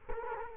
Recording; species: mosquito wingbeat signal from an infrared sensor; Culex quinquefasciatus